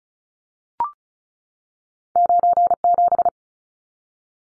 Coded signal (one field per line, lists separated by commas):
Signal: Morse code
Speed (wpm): 36 wpm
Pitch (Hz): 700 Hz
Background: none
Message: 97